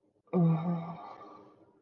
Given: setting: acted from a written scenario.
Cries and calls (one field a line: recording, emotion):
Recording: vocal sound without words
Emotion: ecstasy